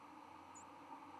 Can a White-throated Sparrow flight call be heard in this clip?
no